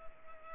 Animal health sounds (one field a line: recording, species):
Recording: mosquito wingbeat signal from an infrared sensor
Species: Culex pipiens